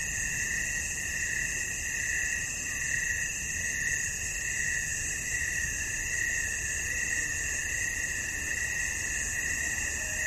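Crickets keep up a dense, shrill, continuous trill, lightly pulsing, with a faint low tone near the end.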